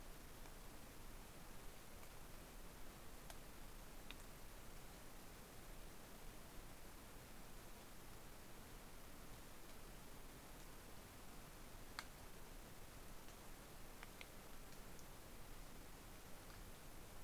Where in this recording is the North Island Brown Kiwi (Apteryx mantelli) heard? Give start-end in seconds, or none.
none